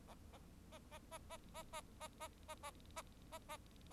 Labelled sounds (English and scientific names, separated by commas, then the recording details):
Bengalese Finch (Lonchura striata domestica) song
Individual Bird4